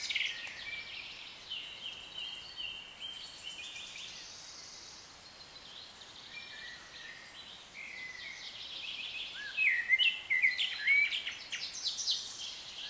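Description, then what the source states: Songbirds chirping and twittering against a noisy hiss, with sharper chattering and whistled notes growing louder toward the end. British birds in a nature atmosphere.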